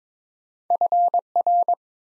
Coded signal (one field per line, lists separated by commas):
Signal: Morse code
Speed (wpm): 22 wpm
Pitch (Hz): 700 Hz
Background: none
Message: FR